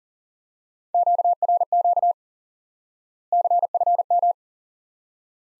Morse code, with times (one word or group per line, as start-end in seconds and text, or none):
0.9-2.1 QRQ
3.3-4.3 CFM